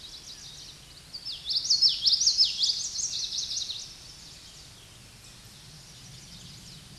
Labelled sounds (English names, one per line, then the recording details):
Common Yellowthroat song
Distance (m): 10 m
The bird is about 5 m above the microphone
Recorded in a Pennsylvania forest on 16 May 2024 at 06:52
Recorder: AudioMoth, point MSD-2061
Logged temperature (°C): 16.1 °C
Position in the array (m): 234 m, 181 m